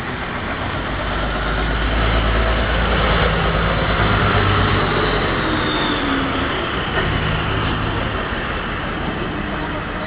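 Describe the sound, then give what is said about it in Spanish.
Steady ambience on entering the Railway Museum in the northeast of the city of Oaxaca, on Saturday 17 August 2013 at 17:10: a continuous low engine-like rumble with a dense wash of background noise and muffled, indistinct voices, holding an even loudness throughout. “Al noreste de la ciudad de Oaxaca, entrando al Museo de los Ferrocarriles, vamos a comenzar con el mapeo.”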